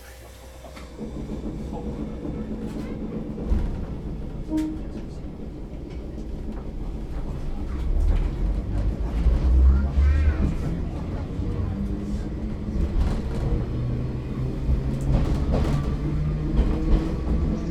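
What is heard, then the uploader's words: Hanging motor sound from an old electric train, a deep droning hum that begins after a second and steadily grows louder and rougher toward the middle. Rumbling wheel noise, clanks and brief squeals mix in, with faint voices in the background. Choshi Dentetsu Deha 801 Tokawa to Inubo. Tokawa-Inubo has few passengers, so I was able to record with a good feeling. The sound of the hanging motor invites nostalgia. ZOOM H2.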